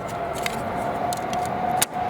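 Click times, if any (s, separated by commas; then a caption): 0.5 s, 1.8 s. A plastic three-color grille stripe insert in light blue, dark blue and red is pressed onto a front grille slat of a 2019–2025 Volvo XC40. Two sharp snaps sound at 0.5 s and 1.8 s over a steady low background hum, and the insert is seated in place.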